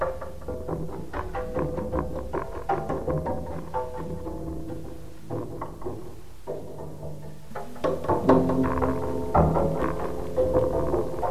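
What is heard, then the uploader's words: Several cat toy balls bounce down stairs in a dense, uneven clatter of knocks and short ringing tones, growing busier near the end. What happens if you let a bunch of cat toy balls hop down the stairs?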